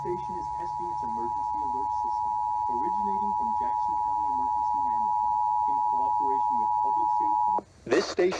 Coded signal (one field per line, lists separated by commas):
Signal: Emergency Alert System (SAME) tones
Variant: 853 and 960 Hz attention tone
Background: speech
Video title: Southern Oregon's RMT (EAS #2752-2756)